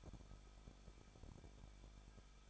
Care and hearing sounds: daily activity, microphone in the room; no activity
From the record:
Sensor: 5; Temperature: 20.8 degrees Celsius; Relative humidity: 38.3%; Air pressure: 1006.6 hPa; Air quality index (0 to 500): 186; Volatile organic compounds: 18 ppm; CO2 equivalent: 2602 ppm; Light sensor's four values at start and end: 2/3/1/1 and 2/3/1/1

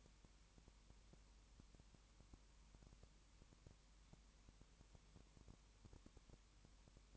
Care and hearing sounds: daily activity, microphone in the room; no activity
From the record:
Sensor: 1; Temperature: 19.7 degrees Celsius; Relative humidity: 40.5%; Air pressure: 1010.7 hPa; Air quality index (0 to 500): 209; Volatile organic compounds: 56 ppm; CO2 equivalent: 3375 ppm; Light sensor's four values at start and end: 1/2/1/1 and 1/2/1/1

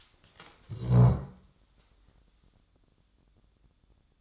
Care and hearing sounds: daily activity, microphone in the room; stand up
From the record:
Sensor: 3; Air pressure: 1005.0 hPa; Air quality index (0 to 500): 88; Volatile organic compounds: 3 ppm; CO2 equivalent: 1367 ppm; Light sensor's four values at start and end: 9/21/9/8 and 9/21/8/8

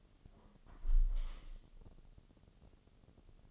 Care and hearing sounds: daily activity, microphone in the room; close window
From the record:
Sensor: 4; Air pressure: 1015.6 hPa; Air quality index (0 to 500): 88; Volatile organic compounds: 2 ppm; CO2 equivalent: 981 ppm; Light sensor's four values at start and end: 9/20/8/7 and 9/20/8/7

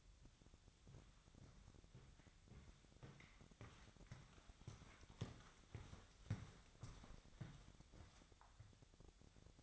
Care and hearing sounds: daily activity, microphone in the room; walk to room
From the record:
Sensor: 3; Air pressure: 999.4 hPa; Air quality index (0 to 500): 195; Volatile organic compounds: 42 ppm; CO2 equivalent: 3185 ppm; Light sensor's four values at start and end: 8/20/8/8 and 8/19/8/7

